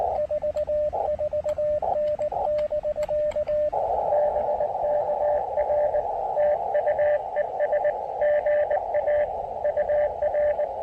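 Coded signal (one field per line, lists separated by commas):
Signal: Morse code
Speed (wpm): 21 wpm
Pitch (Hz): 590 Hz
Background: radio noise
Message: 44N <BK> BK R TU ES GA UR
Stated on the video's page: QRP CW park activation with rough propagation and interference, working DX.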